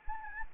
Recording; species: mosquito wingbeat signal from an infrared sensor; Anopheles arabiensis